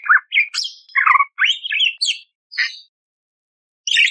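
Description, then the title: Budgerigar warble, varied squeaky and rasping notes with rising and falling chirps run together, then a brief silence and one more burst. Budgerigar masteran with clear, loud chattering (gacor) and rough bursts, used to train other songbirds such as the kacer. "Masteran Burung Parkit Gacor Jernih Full Isian Tembakan Kasar Cocok Buat Kacer"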